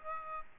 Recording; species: mosquito wingbeat signal from an infrared sensor; Aedes aegypti